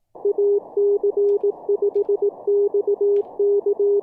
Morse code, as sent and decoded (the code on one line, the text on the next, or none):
.- -.-. ..... -..- -.-
AC5XK